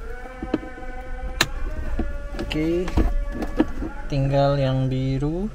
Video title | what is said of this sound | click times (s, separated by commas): Pasang Apple CarPlay/Android Auto Mazda 3! Do It Yourself! | Harus sampai klik ya. | 1.4 s